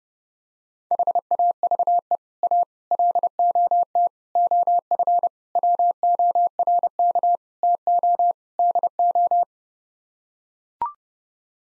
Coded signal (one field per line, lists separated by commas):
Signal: Morse code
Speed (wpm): 30 wpm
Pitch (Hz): 700 Hz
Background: none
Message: HAVE A LOT OF WORK TO DO